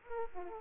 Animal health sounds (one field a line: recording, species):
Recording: mosquito wingbeat signal from an infrared sensor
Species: Aedes aegypti